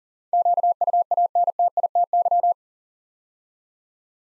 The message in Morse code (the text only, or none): QUANTITY